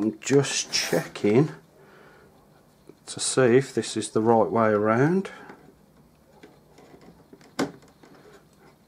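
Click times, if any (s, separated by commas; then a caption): 7.6 s. Someone talks while a four-pin plastic CPU power connector is pushed into the motherboard header of a 2015 Aerocool AMD gaming PC build. After a few faint ticks, a sharp click at 7.6 s marks the latch catching. The plug is connected and locked into place.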